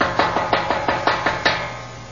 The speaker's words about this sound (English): There's that knock at the door. You're right, Jake. There it is, all right. And there it is again, someone knocking at our piece of burnt sheet metal.